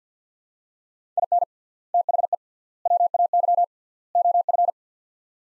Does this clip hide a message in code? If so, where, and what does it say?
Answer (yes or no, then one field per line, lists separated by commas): yes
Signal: Morse code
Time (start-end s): 1.2-4.7 s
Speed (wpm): 50 wpm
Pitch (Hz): 700 Hz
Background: none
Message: IN THE WAY OF